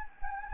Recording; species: mosquito wingbeat signal from an infrared sensor; Anopheles gambiae